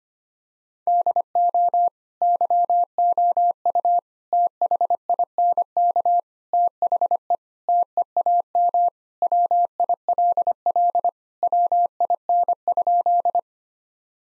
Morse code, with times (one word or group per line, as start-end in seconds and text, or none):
0.9-1.9 DO
2.2-4.0 YOU
4.3-6.2 THINK
6.5-7.3 THE
7.7-8.9 TEAM
9.2-11.1 WILL
11.4-13.4 WIN?